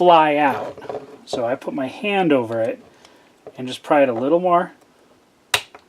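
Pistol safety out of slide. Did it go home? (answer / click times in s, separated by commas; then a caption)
released / 5.5 s. Someone talks while prying the safety out of the steel slide of a Radom Polish P64 pistol, with a hand held over it to catch the spring-loaded detent. A sharp click at 5.5 s marks the safety coming free, followed by a faint second tick.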